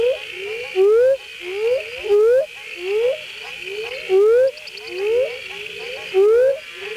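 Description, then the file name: Northern spadefoot toad calls: short upward-sliding moaning notes from several overlapping callers, repeated often, over a steady high insect drone. "Notaden melanoscaphus"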